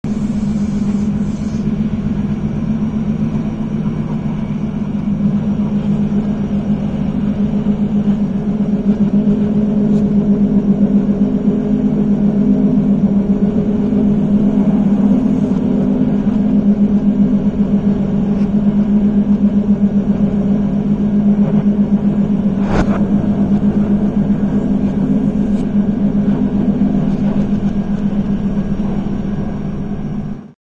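A train ride played backwards: a steady, dense low rumble with a humming drone around the low-mid range runs the whole half minute at near-constant loudness. A brief sharp click-like event stands out near 23 seconds, with faint higher hiss throughout.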